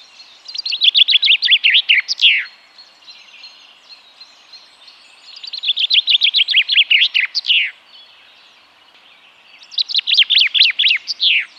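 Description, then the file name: Common chaffinch song: three loud phrases, each a fast series of descending notes ending in a sharp downward flourish, spaced about five seconds apart. "Fringilla coelebs"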